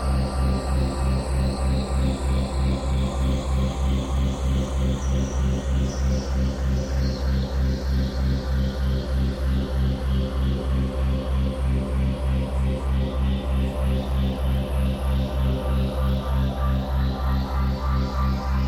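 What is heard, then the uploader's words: A full-spectrum binaural tone sits on a deep, steady hum around C#, with a dense wash of sound stretching up to bright hiss. Regular pulsing beats about three times a second run throughout, unchanging from start to finish. Theraphonia - Evocation 3 Binaural C#65.4Hz Full-Spectrum δ 3.2Hz. It's a full-spectrum binaural, meaning everything in the right channel (not just the binaural tone) is shifted up to create the 3.2 Hz binaural beat.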